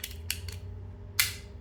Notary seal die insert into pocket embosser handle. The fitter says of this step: Like that. You heard the click? All right, so you know it's working.